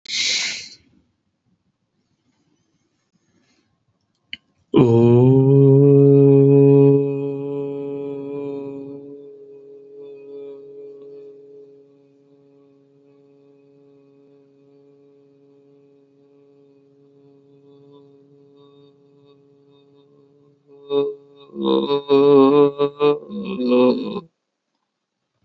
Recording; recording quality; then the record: sustained vowel as in boot; excellent, no background noise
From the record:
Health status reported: healthy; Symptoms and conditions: none ticked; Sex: male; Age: 30 years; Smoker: not ticked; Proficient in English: yes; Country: India